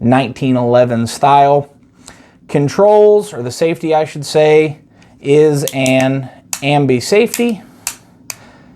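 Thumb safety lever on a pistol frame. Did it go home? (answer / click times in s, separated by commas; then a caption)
yes / 7.9 s, 8.3 s. Someone talks, then the ambidextrous thumb safety lever on a steel 1911-style Girsan 2311C pistol frame is flicked on and then off. It snaps into its detent with sharp clicks at 7.9 s and 8.3 s. Each click is very positive both on and off, not mushy.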